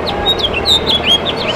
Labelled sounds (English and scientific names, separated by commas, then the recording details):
House Finch (Haemorhous mexicanus) song
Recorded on Long Island, New York, on 18 June 2012
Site OG
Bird B